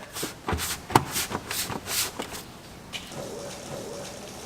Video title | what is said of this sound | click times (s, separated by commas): BMW N20 Engine RaceChip Tuning Installation - 125i - 228i - 328i - 428i - 528i | ways it went on we're going to find those same rubber grommets and push in until it snaps | 1.0 s